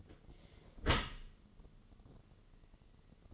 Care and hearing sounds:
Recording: daily activity, microphone in the room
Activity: close dishwasher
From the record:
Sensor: 4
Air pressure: 1015.9 hPa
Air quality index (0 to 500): 107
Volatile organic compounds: 2 ppm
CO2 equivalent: 1195 ppm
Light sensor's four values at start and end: 8/18/7/7 and 8/18/7/7

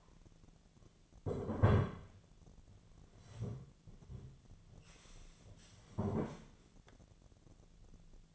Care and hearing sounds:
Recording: daily activity, microphone in the room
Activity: sit down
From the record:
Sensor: 4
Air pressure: 1008.9 hPa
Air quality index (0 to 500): 171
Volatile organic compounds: 5 ppm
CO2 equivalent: 1715 ppm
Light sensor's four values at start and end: 23/73/28/26 and 23/73/28/26

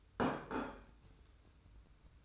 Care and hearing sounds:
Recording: daily activity, microphone in the room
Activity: place plate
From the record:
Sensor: 2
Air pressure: 990.7 hPa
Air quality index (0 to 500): 152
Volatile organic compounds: 454 ppm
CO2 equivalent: 4755 ppm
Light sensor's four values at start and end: 28/66/26/26 and 28/66/27/26

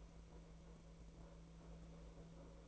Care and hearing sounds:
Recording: daily activity, microphone in the room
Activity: make coffee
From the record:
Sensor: 1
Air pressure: 1009.4 hPa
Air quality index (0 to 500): 196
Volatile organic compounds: 20 ppm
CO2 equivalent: 2678 ppm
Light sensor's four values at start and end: 29/73/30/36 and 29/73/30/36

